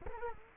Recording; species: mosquito wingbeat signal from an infrared sensor; Culex quinquefasciatus